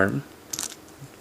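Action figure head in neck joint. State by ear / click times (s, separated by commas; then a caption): released / 0.5 s, 0.6 s. Someone talks briefly as the head of a plastic S.H. Figuarts Kamen Rider Yuuki action figure is pulled off together with its neck joint so a scarf accessory can be fitted. Short, sharp plastic clicks sound at about 0.5, 0.6 and 0.6 seconds as the head pops free of the neck joint and is released.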